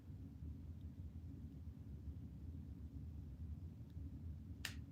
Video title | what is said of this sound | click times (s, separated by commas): Something is highly Sus! | yeah you heard the click so now your thread track is set perfectly | 4.7 s